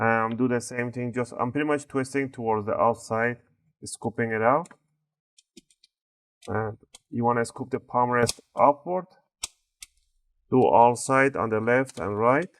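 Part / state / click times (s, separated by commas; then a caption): plastic palm rest clips releasing from the laptop bottom case / released / 5.4 s, 5.6 s, 5.7 s, 5.8 s. An opening tool is twisted outward between the top and bottom plastic covers of an HP Pavilion 15 AC laptop to release the plastic palm rest clips from the bottom case, while someone talks. Quick clicks sound at 5.4, 5.6, 5.7 and 5.8 seconds as the clips pop loose and the palm rest is released.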